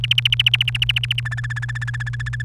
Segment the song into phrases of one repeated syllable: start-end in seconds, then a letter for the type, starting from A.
0.04-1.20 A, 1.25-2.42 B